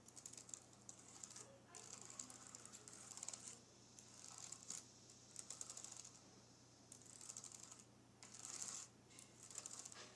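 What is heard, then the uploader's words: Fingernails scrape and tap across a keyboard in bursts of quick, bright clicking and scratching, with short pauses between runs. The busiest stretches fall around three, five and eight to nine seconds. A steady low hum runs underneath throughout. Nails Grazing Across my Keyboard.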